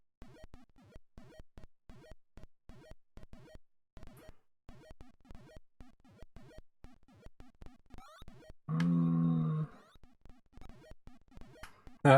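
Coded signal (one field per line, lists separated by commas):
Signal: none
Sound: game music jingle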